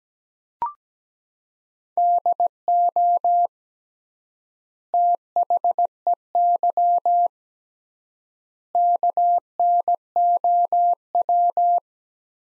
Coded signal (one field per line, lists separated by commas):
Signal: Morse code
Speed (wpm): 17 wpm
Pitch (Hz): 700 Hz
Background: none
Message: DO THEY KNOW